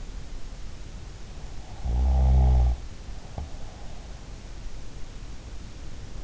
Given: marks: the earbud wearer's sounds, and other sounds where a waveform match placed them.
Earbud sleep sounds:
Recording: sounds in sleep by an in-ear microphone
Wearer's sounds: snoring breath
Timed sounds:
1.75-4.05 s: snoring breath

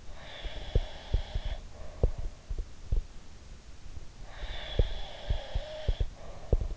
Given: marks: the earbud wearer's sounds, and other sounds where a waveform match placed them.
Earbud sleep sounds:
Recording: sounds in sleep by an in-ear microphone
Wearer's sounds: breath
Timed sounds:
0.15-2.33 s: breath
0.71-3.01 s: sound from someone else or the room
4.23-6.77 s: breath
4.75-6.77 s: sound from someone else or the room

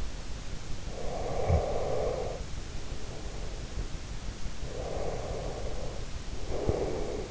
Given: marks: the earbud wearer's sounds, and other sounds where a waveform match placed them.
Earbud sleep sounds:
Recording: sounds in sleep by an in-ear microphone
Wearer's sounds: breath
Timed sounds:
0.00-2.92 s: breath
4.73-7.31 s: breath

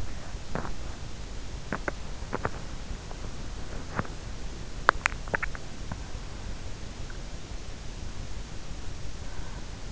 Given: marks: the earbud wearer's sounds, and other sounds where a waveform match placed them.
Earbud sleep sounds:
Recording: sounds in sleep by an in-ear microphone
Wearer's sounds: teeth grinding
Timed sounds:
0.00-6.80 s: teeth grinding

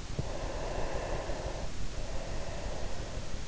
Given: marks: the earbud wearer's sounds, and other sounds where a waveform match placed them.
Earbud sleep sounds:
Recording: sounds in sleep by an in-ear microphone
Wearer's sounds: breath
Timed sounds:
0.03-3.48 s: breath

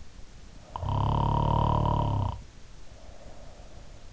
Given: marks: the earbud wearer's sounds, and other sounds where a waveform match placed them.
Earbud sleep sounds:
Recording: sounds in sleep by an in-ear microphone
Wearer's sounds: snoring breath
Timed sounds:
0.55-3.81 s: snoring breath

